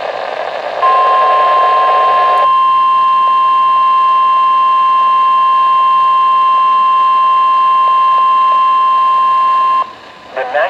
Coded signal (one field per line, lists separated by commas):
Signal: Emergency Alert System (SAME) tones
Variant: 1050 Hz attention tone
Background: speech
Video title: Severe Thunderstorm Warning on KHA99 (EAS #1137)